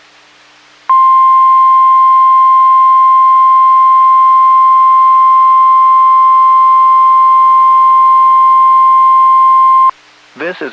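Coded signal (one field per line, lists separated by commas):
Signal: Emergency Alert System (SAME) tones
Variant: 1050 Hz attention tone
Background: speech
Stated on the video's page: Statewide tornado drill, recorded on a phone, cut off at the end.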